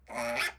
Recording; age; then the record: pig call; piglet (1 to 25 days)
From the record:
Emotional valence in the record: negative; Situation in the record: restrain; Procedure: back test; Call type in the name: low-frequency call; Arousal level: medium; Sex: female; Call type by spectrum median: low-frequency call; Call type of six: low-frequency stable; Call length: 0.60 s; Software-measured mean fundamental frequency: 106 Hz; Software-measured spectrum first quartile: 859 Hz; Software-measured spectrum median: 1765 Hz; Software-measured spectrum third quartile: 2942 Hz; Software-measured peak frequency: 1737 Hz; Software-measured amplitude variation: 129 dB a second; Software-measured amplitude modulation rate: 14.3 a second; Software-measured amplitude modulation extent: 9.1 dB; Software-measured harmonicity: 2.4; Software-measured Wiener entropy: -1.49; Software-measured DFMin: 517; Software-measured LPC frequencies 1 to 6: 691, 1630, 2316, 3444, 4452, 5219 Hz